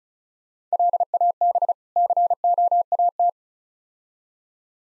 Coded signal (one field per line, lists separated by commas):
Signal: Morse code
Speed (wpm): 37 wpm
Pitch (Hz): 700 Hz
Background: none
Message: LAB COAT